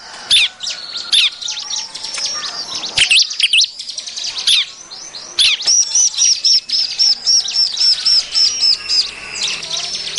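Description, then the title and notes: Bar-winged prinia calling in high, quick chirps and twitters, then a fast even run of repeated looping notes midway, followed by thinner chatter toward the end. Lure sound used to attract birds. "BURUNG CIBLEK MANCING LAINNYA. Suara Ciblek Pikat"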